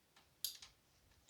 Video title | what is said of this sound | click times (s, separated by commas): 2006 SUBARU B9 TRIBECA ENGINE INSTALLATION (Part 2) | you just want to make sure you hear a click and then this return fuel line | 0.4 s